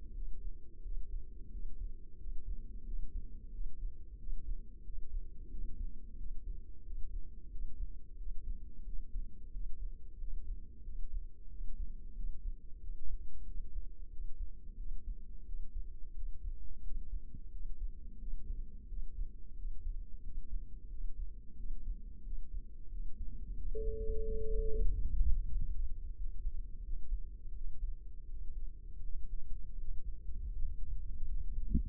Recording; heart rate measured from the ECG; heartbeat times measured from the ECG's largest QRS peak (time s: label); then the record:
heart sounds by microphone in the left ear; 89 bpm
0.15 s: heartbeat
0.85 s: heartbeat
1.53 s: heartbeat
2.19 s: heartbeat
2.86 s: heartbeat
3.53 s: heartbeat
4.20 s: heartbeat
4.85 s: heartbeat
5.52 s: heartbeat
6.18 s: heartbeat
6.85 s: heartbeat
7.52 s: heartbeat
8.19 s: heartbeat
8.86 s: heartbeat
9.54 s: heartbeat
10.21 s: heartbeat
10.86 s: heartbeat
11.51 s: heartbeat
12.17 s: heartbeat
12.82 s: heartbeat
13.47 s: heartbeat
14.12 s: heartbeat
14.79 s: heartbeat
15.47 s: heartbeat
16.16 s: heartbeat
16.85 s: heartbeat
17.53 s: heartbeat
18.21 s: heartbeat
18.90 s: heartbeat
19.58 s: heartbeat
20.25 s: heartbeat
20.91 s: heartbeat
21.58 s: heartbeat
22.25 s: heartbeat
22.92 s: heartbeat
23.58 s: heartbeat
24.25 s: heartbeat
24.91 s: heartbeat
25.54 s: heartbeat
26.18 s: heartbeat
26.85 s: heartbeat
27.56 s: heartbeat
28.30 s: heartbeat
29.05 s: heartbeat
29.80 s: heartbeat
30.54 s: heartbeat
31.29 s: heartbeat
From the record:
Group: healthy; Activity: rest 0-22 s, breath hold 22-32 s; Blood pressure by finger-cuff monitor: 139/87 mmHg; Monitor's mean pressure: 105 mmHg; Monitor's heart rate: 90 bpm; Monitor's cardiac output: 7.3 L/min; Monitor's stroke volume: 81 mL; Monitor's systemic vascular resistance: 1060 dyn s/cm5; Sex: male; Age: 21 years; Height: 175 cm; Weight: 72.6 kg